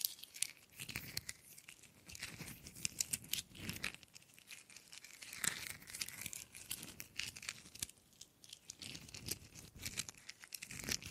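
Wood is rubbed, tapped and scraped in dense, irregular bursts of crisp crackling and crinkling, with sharp clicks scattered throughout the eleven seconds.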